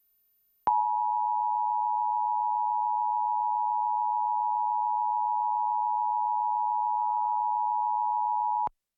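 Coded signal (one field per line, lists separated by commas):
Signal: Emergency Alert System (SAME) tones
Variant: 853 and 960 Hz attention tone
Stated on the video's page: Required Monthly Test SAME tones aired on a broadcast TV station, with the alert sent late.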